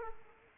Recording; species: mosquito wingbeat signal from an infrared sensor; Aedes aegypti